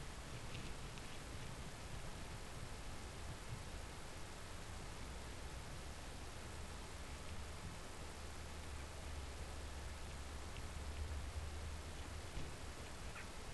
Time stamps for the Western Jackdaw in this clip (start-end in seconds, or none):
13.11-13.24